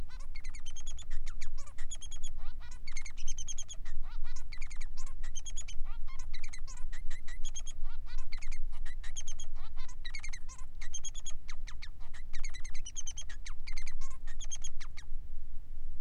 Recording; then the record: song of a male Bengalese finch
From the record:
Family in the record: son of father 3